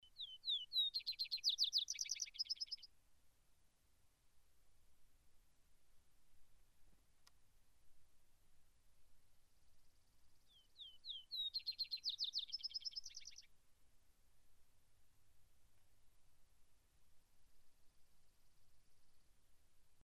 Sound recording of white-crowned sparrow, Grand Teton National Park, Wyoming.